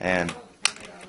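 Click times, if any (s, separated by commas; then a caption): 0.7 s. Someone talks as an LED angel eye ring for an E46 is pressed into a replacement headlight housing, bottom plastic tabs first. A sharp snap at 0.6 seconds is heard as the ring tabs seat firmly in place in the housing.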